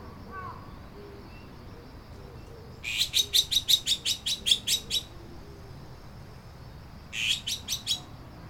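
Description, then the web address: Bird calls in two bursts of rapid, evenly spaced sharp chirps, about ten in the first run and four in the second, over a low steady background hiss. "yacho koe"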